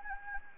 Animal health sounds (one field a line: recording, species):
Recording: mosquito wingbeat signal from an infrared sensor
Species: Anopheles gambiae